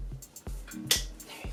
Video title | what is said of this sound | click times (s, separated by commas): Sharper Image Revel 6 in 1 MultiStyler - how does it compare to the dyson or shark? 🤔 | you have to hear that click if you don't hear that click what happened to me earlier will happen to you | 0.9 s